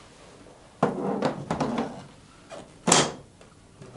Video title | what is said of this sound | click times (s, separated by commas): Rabbit Air minus A3 Unboxing | a nice satisfying click | 2.9 s